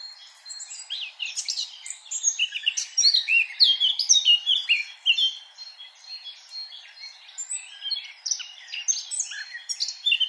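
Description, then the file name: Eurasian blackcap singing a rich, rapid warble of twittering and fluty notes, loudest in the middle, then softer with scattered high phrases near the end. "Sylvia atricapilla"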